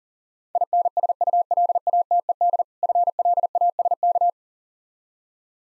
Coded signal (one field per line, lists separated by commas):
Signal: Morse code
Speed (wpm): 40 wpm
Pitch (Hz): 700 Hz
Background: none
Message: INSULATED FLASK